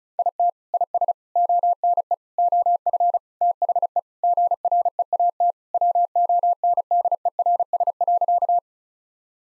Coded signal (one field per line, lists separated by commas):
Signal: Morse code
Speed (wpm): 36 wpm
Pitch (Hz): 700 Hz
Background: none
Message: IT IS ONE OF THE GREAT WONDERS.